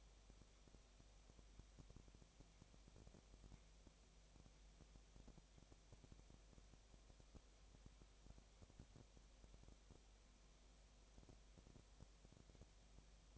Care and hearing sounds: daily activity, microphone in the room; no activity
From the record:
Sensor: 1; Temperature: 19.8 degrees Celsius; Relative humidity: 37.9%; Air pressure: 998.8 hPa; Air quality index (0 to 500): 233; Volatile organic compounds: 134 ppm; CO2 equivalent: 3950 ppm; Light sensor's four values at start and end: 1/2/1/1 and 1/2/1/1

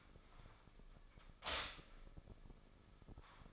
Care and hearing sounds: daily activity, microphone in the room; stop toaster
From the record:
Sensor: 5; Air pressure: 995.3 hPa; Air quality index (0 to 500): 106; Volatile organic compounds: 8 ppm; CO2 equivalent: 2052 ppm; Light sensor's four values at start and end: 35/85/34/35 and 35/84/34/34

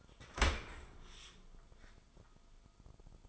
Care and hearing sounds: daily activity, microphone in the room; open dishwasher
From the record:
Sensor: 5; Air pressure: 1004.8 hPa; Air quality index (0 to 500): 93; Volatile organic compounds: 2 ppm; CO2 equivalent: 1127 ppm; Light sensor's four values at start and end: 33/75/30/30 and 33/76/31/30

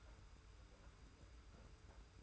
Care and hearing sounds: daily activity, microphone in the room; take from stove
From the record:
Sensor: 2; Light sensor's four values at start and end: 34/102/40/38 and 34/102/40/38

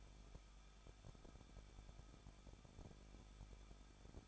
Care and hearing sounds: daily activity, microphone in the room; no activity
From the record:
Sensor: 5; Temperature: 20.8 degrees Celsius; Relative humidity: 38.3%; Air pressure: 1006.6 hPa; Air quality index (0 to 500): 186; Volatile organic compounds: 18 ppm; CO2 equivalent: 2611 ppm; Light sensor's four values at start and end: 2/3/1/1 and 2/3/1/1

